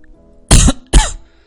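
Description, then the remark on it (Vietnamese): A woman, suddenly opening her eyes, gives two forceful, dry coughs in quick succession, loud, the first slightly longer than the second, with quiet around them and no talking. “cô ta bất ngờ mở mắt, sau đó dùng sức ho khan hai tiếng.”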